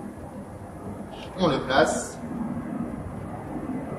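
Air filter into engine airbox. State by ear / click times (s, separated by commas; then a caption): not seated / none. A panel air filter is lined up in the airbox of a car, the Honda Integra, and placed in the right spot before being pressed in, which matters because a filter that isn't fully seated lets dirt get past it. Someone talks while brief scraping and handling rustles rise around 1.4–2.1 seconds. Nothing has seated or clicked yet.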